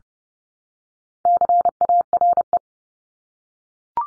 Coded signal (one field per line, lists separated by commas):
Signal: Morse code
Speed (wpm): 30 wpm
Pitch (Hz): 700 Hz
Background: none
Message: CARE